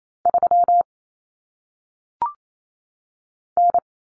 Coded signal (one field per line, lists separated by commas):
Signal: Morse code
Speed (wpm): 28 wpm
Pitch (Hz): 700 Hz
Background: none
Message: 3 N